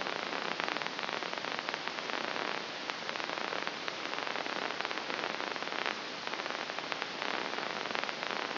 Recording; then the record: brain microelectrode recording played as sound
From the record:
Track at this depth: inside the subthalamic nucleus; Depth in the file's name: 2.335 mm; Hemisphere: left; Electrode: 2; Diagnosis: Parkinson's disease